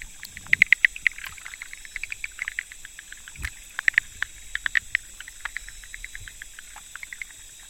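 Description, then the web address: Frog chorus of short, sharp clicking notes, irregular and overlapping, over a steady high hiss throughout. 25 October 2014. "frog rec 20141025"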